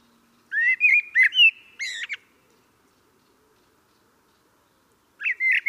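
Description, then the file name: Common blackbird singing rich whistled notes that end in high, squeaky twitters, then silence before the next phrase starts. "Turdus merula"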